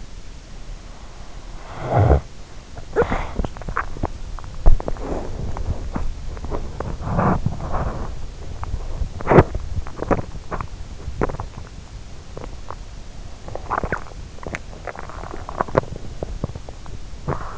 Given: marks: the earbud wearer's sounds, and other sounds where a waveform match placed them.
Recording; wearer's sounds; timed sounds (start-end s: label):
sounds in sleep by an in-ear microphone; snoring breath, teeth grinding
0.00-2.66 s: snoring breath
2.66-17.58 s: teeth grinding